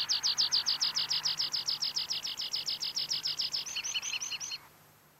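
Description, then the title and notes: Eurasian rock pipit delivering a fast run of high, sharp notes that change to a slightly different pattern, then stop abruptly. "Viikon luontoääni: Luotokirvinen. Juha Laaksonen"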